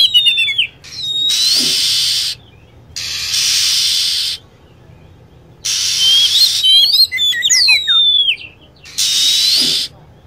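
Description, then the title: Lovebird calls: shrill, high whistled notes sweeping up and down, in short clusters between repeated bursts of steady loud hiss. Lure sound for attracting lovebirds. "PIKAT BURUNG LOVEBIRD"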